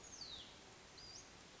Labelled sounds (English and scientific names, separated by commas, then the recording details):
Hutton's Vireo (Vireo huttoni)
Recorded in Sonoma County, California